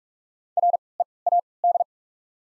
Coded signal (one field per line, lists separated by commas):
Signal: Morse code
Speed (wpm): 42 wpm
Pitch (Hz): 700 Hz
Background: none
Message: R E A D